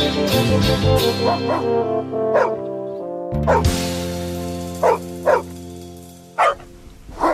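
Several short, sharp dog barks pop out at irregular intervals over a steady, sustained musical tone, with a couple coming in quick succession near the end.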